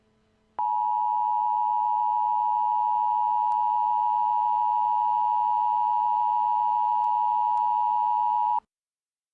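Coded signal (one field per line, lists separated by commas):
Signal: Emergency Alert System (SAME) tones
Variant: 853 and 960 Hz attention tone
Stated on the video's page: Fictional EAS scenario recreation, not a real alert.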